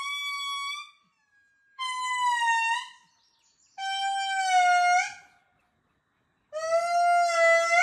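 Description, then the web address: Ring-tailed lemur giving four long, tonal, mewing wails, each about a second long and rich in harmonics, the later ones lower, with short silences between. "Lemurs make bizarre sounds. halka kuyruklu lemur"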